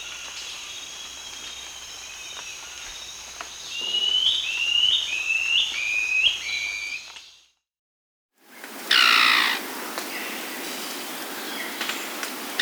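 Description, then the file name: White-throated Antbird song, a short series of whistled notes stepping lower in pitch, then a silence and a loud burst of another sound. Peru, Amazon region. "White-throated Antbird (Gymnopithys salvini), Peru"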